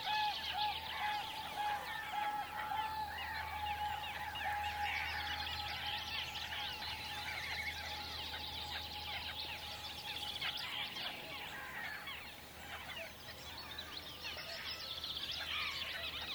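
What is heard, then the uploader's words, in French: An outdoor ambience thick with overlapping bird calls and chatter, a steady thin tone near 850 throughout, and a low hum underneath. Ambiance de Finlance par Jean Louis SICAUD. Sur des sites naturels de la région d'illomantsi en Finlande à la découverte des ambiances et oiseaux présents en cette saison.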